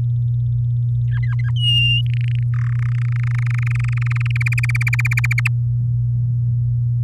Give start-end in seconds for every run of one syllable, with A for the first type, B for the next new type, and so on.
1.07-1.51 A, 1.56-2.01 B, 2.06-2.43 C, 2.54-2.76 D, 2.79-4.32 E, 4.36-5.48 F